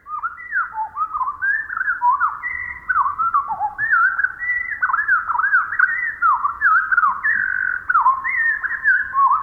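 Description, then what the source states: Pacific Wren song slowed down: lowered, whistled notes in a continuous flow of slurred upward and downward sweeps and looping phrases. Song slowed to one-quarter speed; Pacific Wrens may hear other wrens' songs this way, which may let them imitate each other.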